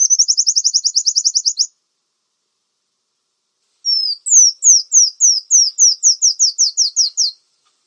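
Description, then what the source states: Brown-throated sunbird song: a rapid high trill lasting under two seconds, a short silence, then about a dozen sharp, high, downward-sweeping notes in steady succession. Known locally in Indonesian as kolibri kelapa; described as gacor, meaning singing actively and persistently.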